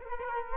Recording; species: mosquito wingbeat signal from an infrared sensor; Culex quinquefasciatus